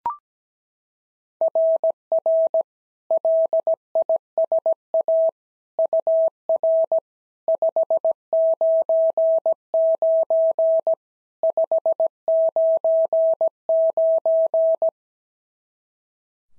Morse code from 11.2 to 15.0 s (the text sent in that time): 599